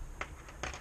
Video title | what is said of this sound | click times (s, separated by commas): Free Flight Lab - Line Trimming Rig Build 2/2 | so it turned it locked into place and you want to make sure of that on all of them | 0.2 s, 0.6 s